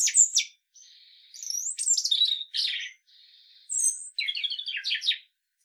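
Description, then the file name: European robin song of high warbled phrases mixing sustained thin whistles, sliding notes and fast twittering trills, with brief pauses between phrases. "Erithacus rubecula"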